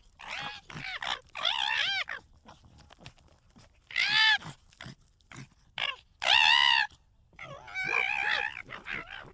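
Fox giving high, harmonic whining calls in several drawn-out bursts, some wavering and rising, separated by short quiet gaps and softer clicks.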